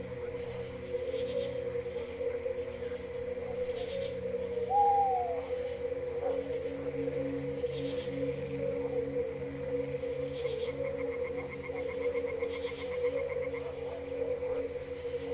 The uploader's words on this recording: Relaxing Sounds of Crickets, Frogs, Insects & More.